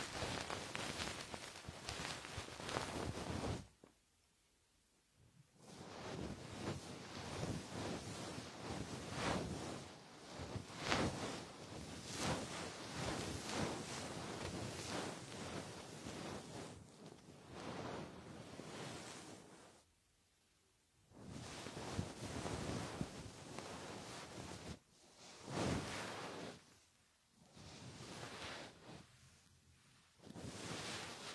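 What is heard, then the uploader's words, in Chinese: A feather wand brushes softly for ear cleaning, making dense, rushing rustles in long sweeps, broken by short silent pauses near 4, 20, 25 and 30 seconds. 温柔的鹅毛棒！耳朵清洁。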